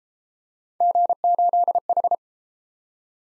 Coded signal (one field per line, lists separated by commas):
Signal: Morse code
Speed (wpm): 32 wpm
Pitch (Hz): 700 Hz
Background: none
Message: G8H